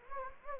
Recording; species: mosquito wingbeat signal from an infrared sensor; Anopheles gambiae